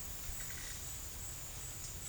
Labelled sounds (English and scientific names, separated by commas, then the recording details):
none
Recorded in secondary vegetation near Puerto Asís, Putumayo, Colombia, on 22 December 2024 at 14:30
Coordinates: 0.499, -76.323
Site G010